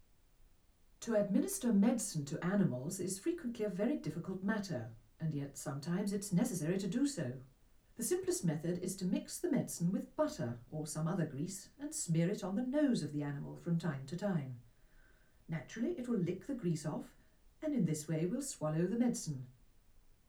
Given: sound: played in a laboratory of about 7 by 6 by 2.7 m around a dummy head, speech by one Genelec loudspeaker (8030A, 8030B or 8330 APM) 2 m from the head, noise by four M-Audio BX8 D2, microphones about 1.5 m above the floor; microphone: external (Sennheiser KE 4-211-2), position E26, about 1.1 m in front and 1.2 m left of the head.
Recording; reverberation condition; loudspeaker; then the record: female speech in English; low; 90 degrees to the right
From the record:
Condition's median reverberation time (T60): about 310 ms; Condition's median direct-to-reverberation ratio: about 3.5 dB